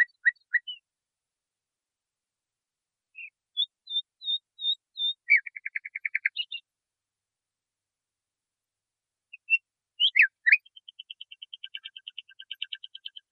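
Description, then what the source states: Nightingale song: a few sharp chirps, a row of pure whistles, then a rapid rattling trill. After a pause come more chirps and a long buzzy, pulsing trill. Song used to train caged songbirds.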